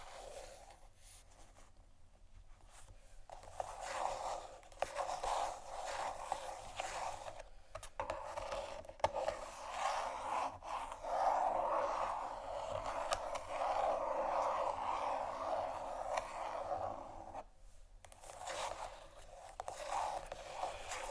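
Scratching and tapping on canisters, mostly a dense, continuous scrape with a bright, hissy texture centered in the mid range. The scratching runs almost without pause, with brief quiet gaps near 2, 7.5 and 17.5 seconds and occasional sharper taps cutting through.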